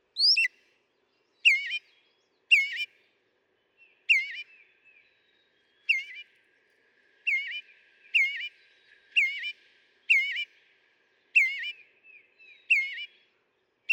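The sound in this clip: Northern mockingbird song: a string of repeated sharp, slurred phrases, some paired, delivered every second or so throughout against silence.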